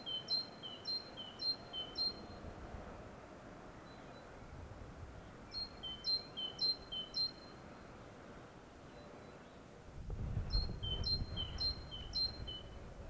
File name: Parus major